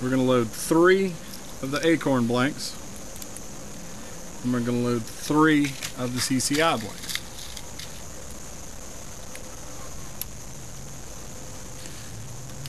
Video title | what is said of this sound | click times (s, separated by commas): Alfa Starter Pistol Review / Demo | also that the cylinder locks into place when the gun is closed | 10.2 s